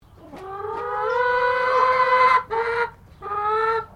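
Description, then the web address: Chicken clucking: one long drawn-out nasal cluck swelling in volume, followed by two shorter clucks with brief pauses. Highliner Brown hen. "Sound Effects-Foundation 1 BIRD CHICKEN HIGHLINER BROWN CLUCK LONG"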